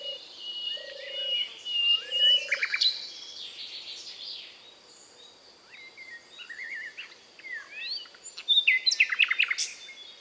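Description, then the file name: Common nightingale song: slurred whistles and chattering phrases, ending in a loud run of fast repeated notes, with a soft background hiss. "British Library - European Nightingale(Luscinia megarhynchos)"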